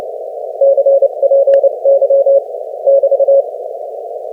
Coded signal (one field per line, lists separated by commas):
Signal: Morse code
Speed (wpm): 27 wpm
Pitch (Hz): 550 Hz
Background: none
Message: CPY <BT>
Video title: 30 wpm QSO w/ W4YES 3-20-2025 #cw #morsecode #morse #potababe #qrq #hamradio #qrp #qso #skcc #licw